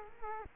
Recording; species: mosquito wingbeat signal from an infrared sensor; Culex quinquefasciatus